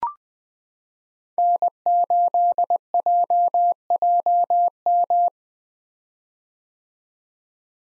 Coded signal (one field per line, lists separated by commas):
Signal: Morse code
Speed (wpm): 20 wpm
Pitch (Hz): 700 Hz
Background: none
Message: N8JJM